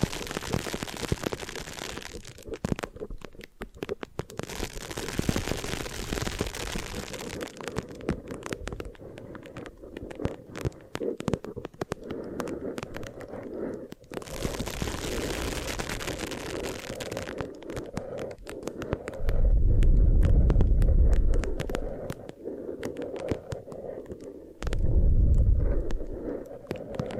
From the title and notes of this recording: ASMR Hypnotic Hair Washing, Brushing and Massage with Layered Sounds (No Talking).